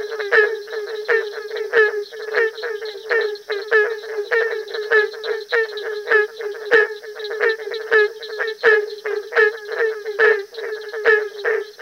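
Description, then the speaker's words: Barking tree frogs calling together, many short hollow barks overlapping at an uneven, fast pace. Chorus that at times sounds random with no discernible pattern and at other times has a rhythmic, complex percussive beat. "Listen to this chorus of barking tree frogs."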